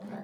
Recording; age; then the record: pig call; piglet (1 to 25 days)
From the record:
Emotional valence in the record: negative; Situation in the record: short isolation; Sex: male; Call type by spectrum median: low-frequency call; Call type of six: low-frequency stable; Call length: 0.23 s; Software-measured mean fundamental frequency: 55 Hz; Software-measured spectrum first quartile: 208 Hz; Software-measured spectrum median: 353 Hz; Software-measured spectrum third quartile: 737 Hz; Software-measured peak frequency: 211 Hz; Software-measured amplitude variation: 134 dB a second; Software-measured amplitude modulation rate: 14.9 a second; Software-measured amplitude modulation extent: 9.0 dB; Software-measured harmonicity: 5.1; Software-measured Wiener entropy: -0.39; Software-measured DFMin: 1033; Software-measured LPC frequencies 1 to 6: 674, 1653, 3512, 4396, 8263, 9524 Hz